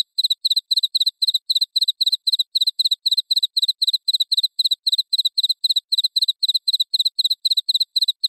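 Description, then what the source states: Cricket chirping in rapid, steady high-pitched bursts. Cricket chirping sound intended for repelling rats.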